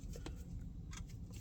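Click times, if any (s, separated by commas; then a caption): none. The plastic housing shell of a JBL Go 3 Bluetooth speaker is handled while being pressed back onto the speaker body during reassembly, with its plastic retaining clips not yet engaged. A low, steady rumble runs throughout, broken by a short sharp tap at 0.3 s and a few soft handling rustles. Nothing has seated or clicked yet.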